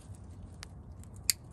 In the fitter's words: I hear that little snap